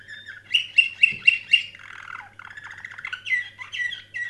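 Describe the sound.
Canary song beginning with five loud, evenly spaced piping notes, followed by softer warbled rolls and trills, a faint hum in the background.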